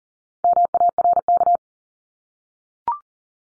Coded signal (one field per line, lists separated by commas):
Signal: Morse code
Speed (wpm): 40 wpm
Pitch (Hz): 700 Hz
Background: none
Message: MARK